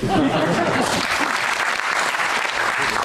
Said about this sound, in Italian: Vi inviterei a fare un applauso a Enrico Issa perché vi ha aspettato.